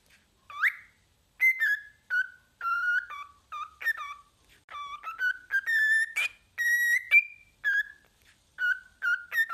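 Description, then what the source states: Cockatiel whistled song: a rising opening note, then a tuneful string of clear notes moving up and down. Several cockatiels singing with whistles.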